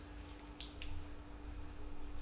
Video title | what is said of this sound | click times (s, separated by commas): "Oui mais moi madame, ma fenêtre, elle donne de l'autre côté" - conférence gesticulée | ça s'enclenche comme ça et vous venez me filer la dose dans la cuisse du côté extérieur directement dans le muscle | 0.6 s, 0.8 s